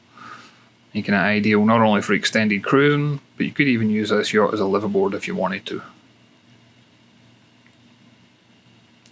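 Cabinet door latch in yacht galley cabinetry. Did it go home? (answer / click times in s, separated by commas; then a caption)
no / none. Someone talks from about 1 to 6 seconds while a galley cabinet door latch on a 2005 Catalina 350 MkII sailing yacht is handled, followed by quiet background with only faint brief ticks near 7.7 and 9.1 seconds. The cabinets are meant to lock into place so contents don't fall out when the yacht heels or is in heavy weather. The latch has not clicked shut yet; nothing has seated.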